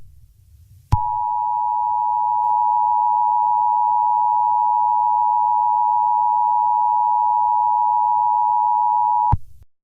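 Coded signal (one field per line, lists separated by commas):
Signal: Emergency Alert System (SAME) tones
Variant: 853 and 960 Hz attention tone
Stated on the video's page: Fictional Emergency Alert System scenario, the second and final part of a created attack story.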